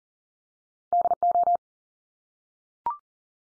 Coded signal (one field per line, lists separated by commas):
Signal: Morse code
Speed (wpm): 40 wpm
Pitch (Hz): 700 Hz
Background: none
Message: DO